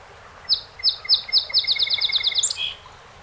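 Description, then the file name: Song sparrow song: four deliberate opening notes leading into a long, fast, rattling trill that ends with a higher note and a soft buzz. A set of 48 songs recorded on 7 June 2018. "2018-06-07 Song Sp 48 Songs"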